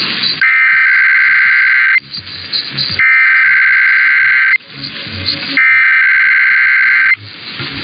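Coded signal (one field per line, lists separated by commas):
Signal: Emergency Alert System (SAME) tones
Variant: header bursts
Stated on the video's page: Weekly tests received from three broadcast radio stations.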